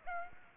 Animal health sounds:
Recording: mosquito wingbeat signal from an infrared sensor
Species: Aedes aegypti

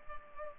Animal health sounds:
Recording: mosquito wingbeat signal from an infrared sensor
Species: Culex pipiens

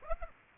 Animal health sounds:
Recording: mosquito wingbeat signal from an infrared sensor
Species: Aedes aegypti

